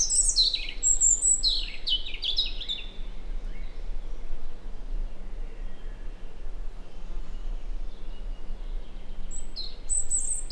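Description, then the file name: European robin delivering rapid high, tumbling notes in the opening seconds, quieter phrases after, and a brief high note at the end, with low background hum. "Erithacus rubecula"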